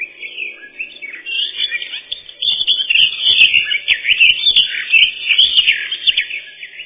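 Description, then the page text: Eurasian blackcap song, a busy stream of varied notes, louder in the second half. "Славка-черноголовка — Sylvia atricapilla"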